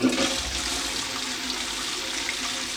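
A toilet flushes with a steady, loud rush of water that surges at the start and keeps gushing evenly for a few seconds, with no voices.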